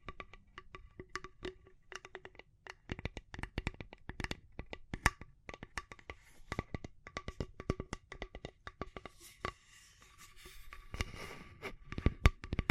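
Rapid, irregular tapping with sharp clicks throughout, a faint ringing tone underneath, and a scratchier, hissy stretch near the end.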